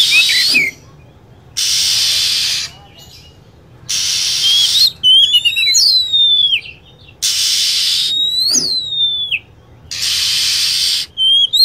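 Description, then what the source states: Lovebird sounds: drawn-out harsh screeching bursts repeat every few seconds, with sharp falling chirps between some of them. Lure recording for attracting birds.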